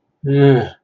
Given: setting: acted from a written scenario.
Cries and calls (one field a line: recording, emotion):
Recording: vocal sound without words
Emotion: disgust